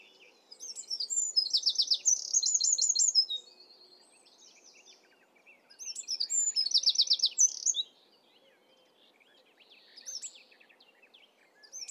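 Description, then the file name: Eurasian wren singing two energetic high-pitched phrases packed with quick notes and a buzzy trill, separated by a few seconds of quiet, then a faint brief fragment. "Troglodytes troglodytes"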